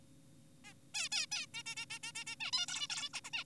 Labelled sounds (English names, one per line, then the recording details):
Zebra Finch
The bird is an adult
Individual g4p5U